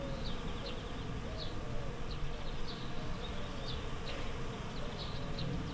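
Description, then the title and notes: Bees giving a continuous low droning buzz, while small birds chirp repeatedly in short high notes over it. Bees in a flowering rapeseed field, Słoneczna 9, Siemianowice Śląskie, Poland, Saturday 18 May 2019; recorded with Zoom H5 and Audio-Technica BP4025. "Słoneczna 9, 41-106 Siemianowice Śląskie, Polska - Pszczoły w rzepaku. Sobota, 18 maja 2019. Pszczoły w rzepaku. Szpaki, gołębie, kawki, samolot i piła w tle. Nagrania terenowe Siemianowic Śląskich - Dźwiękowy Portret Miasta"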